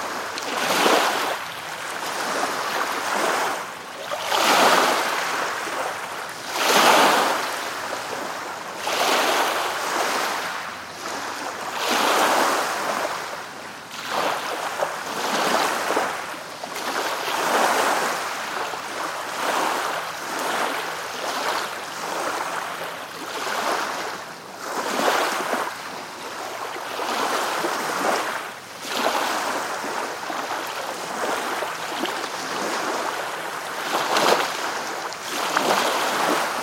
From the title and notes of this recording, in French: Au bord d'un lac - bruit blanc.